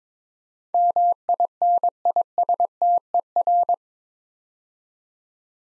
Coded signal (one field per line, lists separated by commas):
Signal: Morse code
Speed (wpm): 22 wpm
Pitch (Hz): 700 Hz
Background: none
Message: MINISTER